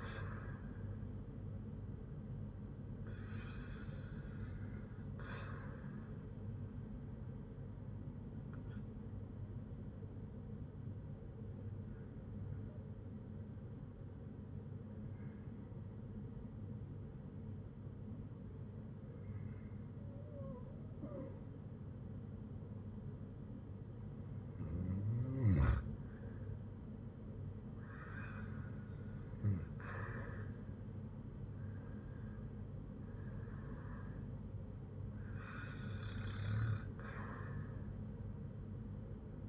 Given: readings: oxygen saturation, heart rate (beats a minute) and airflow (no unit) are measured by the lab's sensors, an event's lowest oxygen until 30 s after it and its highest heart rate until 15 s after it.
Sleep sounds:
breathing in sleep by a smartphone at the bedside; 1
9.00-29.30 s: hypopnea (REM, oxygen 95% highest, then 93% lowest, heart rate 58 at the start, 75 highest)
From the record:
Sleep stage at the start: REM sleep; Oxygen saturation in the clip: 93 to 96%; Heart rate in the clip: 57 to 75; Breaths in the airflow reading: 10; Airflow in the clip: -8.3 to 8.0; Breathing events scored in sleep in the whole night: 182 in 7.4 hours asleep

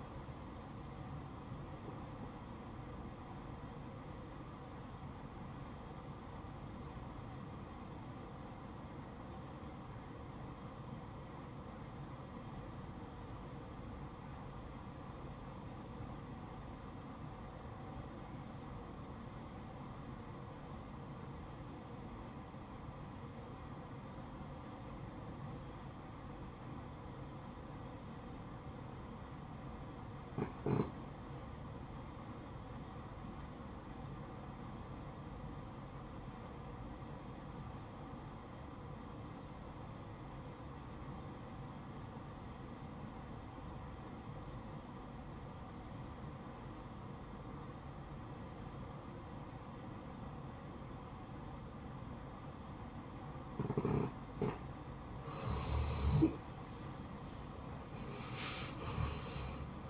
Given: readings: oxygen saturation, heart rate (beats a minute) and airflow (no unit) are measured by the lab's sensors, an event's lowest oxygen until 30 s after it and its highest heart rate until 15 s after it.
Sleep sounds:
breathing in sleep by a smartphone at the bedside; 1
5.00-55.60 s: obstructive apnea (REM, oxygen 94% highest, then 77% lowest, heart rate 63 at the start, 86 highest)
From the record:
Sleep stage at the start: REM sleep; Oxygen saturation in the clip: 81 to 94%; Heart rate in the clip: 52 to 70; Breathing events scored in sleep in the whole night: 573 in 9.8 hours asleep

